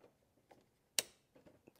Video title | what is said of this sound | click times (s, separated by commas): Coyote 5.0L Ford Performance catch can review and install | give it a push and it'll click into place click | 1.0 s